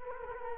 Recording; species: mosquito wingbeat signal from an infrared sensor; Culex quinquefasciatus